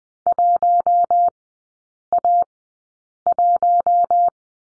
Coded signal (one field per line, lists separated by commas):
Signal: Morse code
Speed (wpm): 20 wpm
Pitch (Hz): 700 Hz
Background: none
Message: 1A1